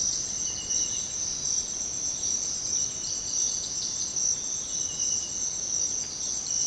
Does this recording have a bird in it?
no